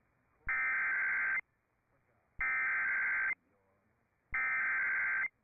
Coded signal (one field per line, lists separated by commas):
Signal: Emergency Alert System (SAME) tones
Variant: header bursts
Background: speech